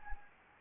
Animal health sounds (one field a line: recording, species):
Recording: mosquito wingbeat signal from an infrared sensor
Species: Anopheles gambiae